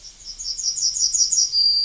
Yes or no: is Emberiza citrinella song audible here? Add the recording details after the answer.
yes. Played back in forest. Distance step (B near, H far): C. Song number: 050